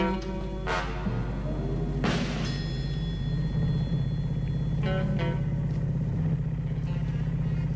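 A car drives along with a steady, deep engine rumble throughout, broken by a few sharp clattering knocks, as if rolling over bumps in the road.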